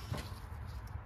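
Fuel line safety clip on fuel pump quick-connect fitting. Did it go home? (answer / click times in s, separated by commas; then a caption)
no / none. The second plastic safety clip on a fuel line quick-connect fitting of a 1995 Ford F150 fuel pump is handled during fuel pump replacement, with faint handling noise over a steady low rumble and a brief soft broadband rustle around 0.1–0.2 s. Nothing has seated or clicked yet.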